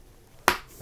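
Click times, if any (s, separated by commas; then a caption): 0.5 s. One of the two plastic clips on the beaver tail of a spearfishing wetsuit jacket is fastened into its buckle. After a quiet lead-in, a single sharp, bright click sounds at 0.5 s and fades quickly. The clip clicks shut and is seated.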